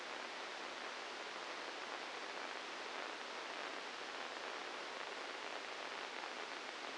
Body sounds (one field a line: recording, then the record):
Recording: brain microelectrode recording played as sound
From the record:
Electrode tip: inside the subthalamic nucleus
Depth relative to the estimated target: 1 mm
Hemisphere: left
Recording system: NeuroSet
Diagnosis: Parkinson's disease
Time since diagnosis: 12 years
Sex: male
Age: 61 years